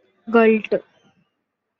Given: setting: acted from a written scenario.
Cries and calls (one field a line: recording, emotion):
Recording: vocal sound without words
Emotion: guilt